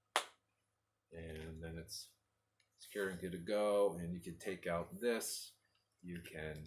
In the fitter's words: It's Tricky but um yeah so these just snap right in